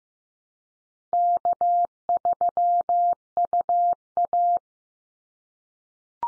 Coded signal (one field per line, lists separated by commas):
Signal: Morse code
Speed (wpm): 15 wpm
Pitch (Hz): 700 Hz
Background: none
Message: K3UA